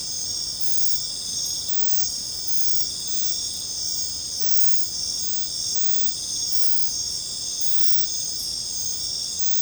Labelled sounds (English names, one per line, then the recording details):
none
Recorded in secondary vegetation near Puerto Asís, Putumayo, Colombia, on 26 December 2024 at 23:30
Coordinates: 0.499, -76.323
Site G010